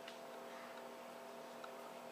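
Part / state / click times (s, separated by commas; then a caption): screw in a belt-mounted containment clip / not seated / none. A notched screw is dropped through the access hole of a belt-mounted containment clip and turned, with two faint brief ticks near 0.1 s and 1.6 s over a steady low hum. Nothing has seated or clicked into place yet.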